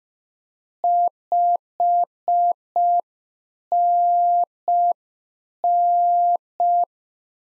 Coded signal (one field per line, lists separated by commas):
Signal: Morse code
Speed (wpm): 5 wpm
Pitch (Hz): 700 Hz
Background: none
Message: 5NN